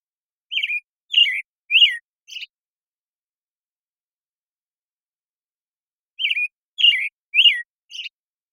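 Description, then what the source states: American Robin song with two bursts of four liquid whistled notes, the last note softer and buzzier, separated by several seconds of quiet. Morning song in the Pacific Northwest, Washington, United States; very long sequence, parabolic microphone, processed clean, natural pacing kept.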